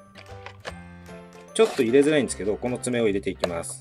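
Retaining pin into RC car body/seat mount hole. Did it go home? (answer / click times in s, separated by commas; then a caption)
no / none. A retaining nail-style pin is lined up in the hole and groove of the rear body/seat mount on a WPL JAPAN Suzuki Jimny JA11 C74 RC car, ready to be pushed home. Someone talks over music while only light handling sounds are heard, with brief faint taps near 0.2 s and 0.5 s. The pin has not seated or clicked yet.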